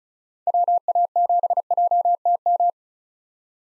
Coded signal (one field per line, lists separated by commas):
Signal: Morse code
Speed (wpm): 36 wpm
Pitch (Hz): 700 Hz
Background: none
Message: WA7JTM